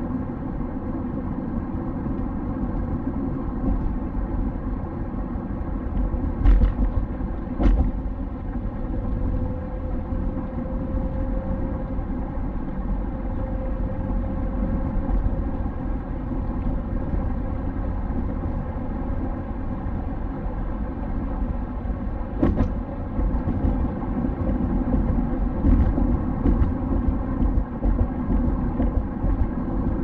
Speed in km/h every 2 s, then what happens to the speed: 62, 63, 63, 63, 67, 66, 68, 68, 70, 71, 71, 71, 70, 70, 70.
0-30 speeds up to 70.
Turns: none.